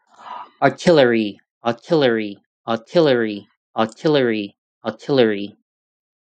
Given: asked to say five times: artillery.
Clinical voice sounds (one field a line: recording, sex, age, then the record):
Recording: repeated word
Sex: male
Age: 20 to 29 years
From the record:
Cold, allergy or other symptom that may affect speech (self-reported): no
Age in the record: 24 years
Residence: California, United States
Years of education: 16